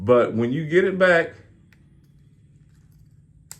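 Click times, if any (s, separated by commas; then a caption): 3.5 s. Someone talks for the first second and a half, then there is quiet handling as the stiff plastic arm on a transforming robot toy is worked back into position. A sharp click at 3.5 seconds marks the arm joint snapping back and seating in place.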